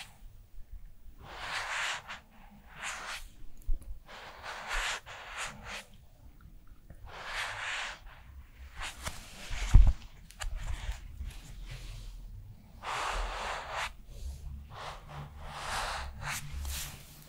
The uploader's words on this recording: ASMR Korean Special Skincare Routine for Winter (No Talking).